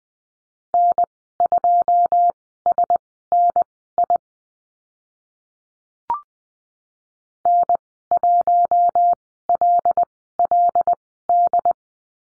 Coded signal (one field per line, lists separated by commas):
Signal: Morse code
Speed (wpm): 20 wpm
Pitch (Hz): 700 Hz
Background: none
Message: N2SNI N1LLD